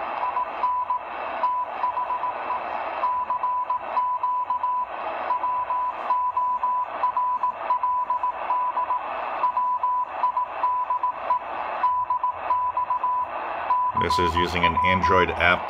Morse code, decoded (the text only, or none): IN THE CQ WORLD WIDE DX CW